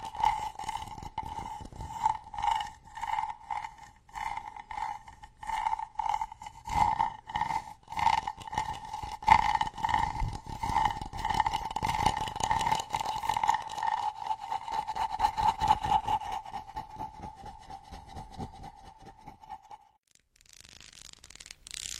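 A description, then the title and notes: Wooden massage tools work in rhythmic strokes, each pass bringing a steady mid-pitched squeak or rub with quick clicks, repeating about once a second. Dry, the strokes continue for about twenty seconds, then stop, leaving a brief soft hiss. The massage SPA with ASMR wood products provides ultimate numbness, comfort and relaxation.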